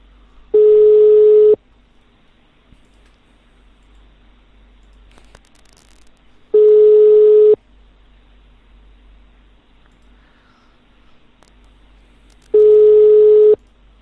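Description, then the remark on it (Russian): A telephone busy signal heard while redialling a number: three loud, steady, mid-pitched electronic tones, each lasting about a second and repeating every six seconds, with faint line hiss in between and no talking. “Они там, наверное, этому Артемке звонят.”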